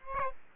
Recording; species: mosquito wingbeat signal from an infrared sensor; Aedes aegypti